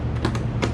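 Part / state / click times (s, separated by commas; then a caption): rear seat cowl into motorcycle seat latch / not seated / none. A rear seat cowl is handled on a 2015 CBR1000RR Repsol motorcycle, set on with its two rear tabs in first, then slid back and pressed down toward the seat latch. Light tapping and scraping sounds are heard, with sharper knocks around 0.3 s and 0.6 s. Nothing has seated or clicked yet.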